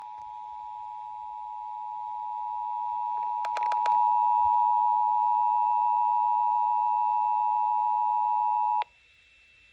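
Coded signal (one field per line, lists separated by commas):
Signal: Emergency Alert System (SAME) tones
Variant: 853 and 960 Hz attention tone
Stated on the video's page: Severe thunderstorm warning on FM.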